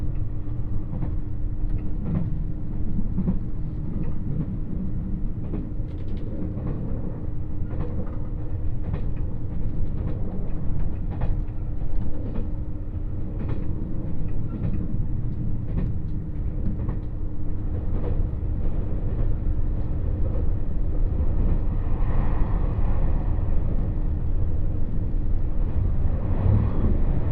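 Inside a three-car limited express train, a steady low rumble fills the carriage, with a constant hum running underneath. Short clicks and knocks from the wheels and car body come every second or two, and faint murmuring from a fairly busy unreserved car sits in the background.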